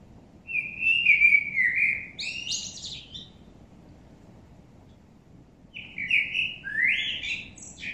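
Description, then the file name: Common blackbird song: two mellow whistled phrases, each finishing in a high, scratchy flourish, separated by a few seconds of quiet. "Turdus merula"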